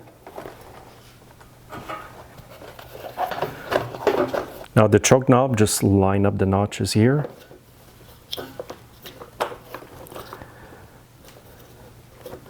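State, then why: Not seated. A plastic choke knob for a Briggs & Stratton snowblower engine is being lined up with the notches on the engine's choke shaft while someone talks, with light handling taps and small knocks around it. The knob has not snapped onto the shaft yet; nothing has seated or clicked by the end of the clip.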